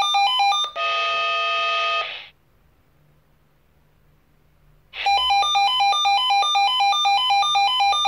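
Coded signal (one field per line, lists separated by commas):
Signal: pager alert tone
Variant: Swissphone Quattro XLSi pager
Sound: brief steady chord, a pause, then fast alternating electronic two-pitch warbling beeps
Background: quiet room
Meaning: The pager is sounding its alarm for a received test alert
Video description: Monatliche Funktionsprobe eines analogen Swissphone Quattro XLSi Funkmeldeempfängers mit Alarmschaltung. Der Melder löst insgesamt 6 Schleifen mit Doppelton aus (Sirenenschleifen).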